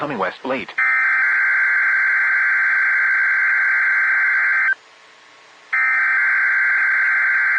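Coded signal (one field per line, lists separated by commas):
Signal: Emergency Alert System (SAME) tones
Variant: header bursts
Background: speech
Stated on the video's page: Real required weekly test from NOAA weather radio station.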